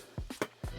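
The second side of a visor clip is pressed into the groove of a Schutt F7 Pro football helmet shell. After a couple of softer knocks, a sharp click comes at 0.4 s, and the clip is confirmed seated.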